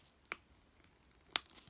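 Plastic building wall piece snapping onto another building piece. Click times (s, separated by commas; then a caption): 0.3 s, 1.4 s. A small plastic building wall piece from a Fortnite Squad Mode Tomato Town Legends figure pack is fitted by hand onto another building piece. Two sharp plastic snaps are heard at 0.3 s and 1.4 s, the second one louder. The piece snaps into place and is seated.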